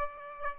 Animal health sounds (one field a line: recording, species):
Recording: mosquito wingbeat signal from an infrared sensor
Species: Aedes aegypti